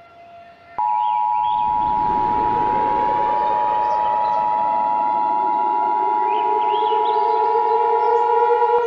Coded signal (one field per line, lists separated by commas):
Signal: Emergency Alert System (SAME) tones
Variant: 853 and 960 Hz attention tone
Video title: [EAS Scenario] Scarce Occurence